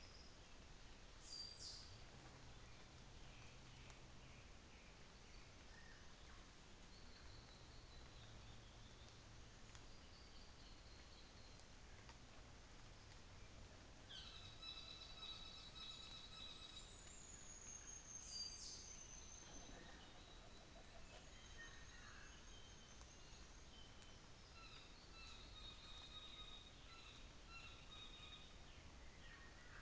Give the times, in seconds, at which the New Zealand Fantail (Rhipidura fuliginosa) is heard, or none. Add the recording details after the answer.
16.47-20.03, 20.63-23.95. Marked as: faintness 2/5, faintness 4/5, faintness 3/5. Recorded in New Zealand on 24 December 2018. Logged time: 10:15